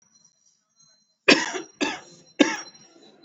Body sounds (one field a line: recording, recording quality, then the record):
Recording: shallow voluntary cough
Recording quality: excellent, no background noise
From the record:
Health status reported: exposed to COVID-19, no respiratory illness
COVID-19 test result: not tested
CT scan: not taken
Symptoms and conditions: none ticked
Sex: male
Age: 40 years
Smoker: no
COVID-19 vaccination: both doses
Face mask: worn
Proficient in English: yes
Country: India